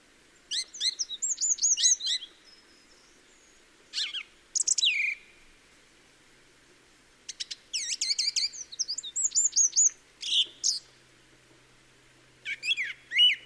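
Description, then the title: Song thrush singing short bursts of crisp phrases, separated by pauses. Song thrush recorded in the Peak District during lockdown; the source calls it the longest unbroken thrush song ever heard. "Thrush and wren, Peak District"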